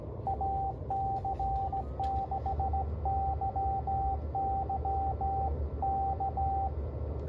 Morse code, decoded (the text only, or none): AC6YY K